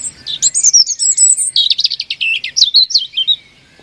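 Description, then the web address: European robin singing one rapid, tumbling phrase of high notes and sharp twittering flourishes, then falling quiet. "Deverinetal 2025"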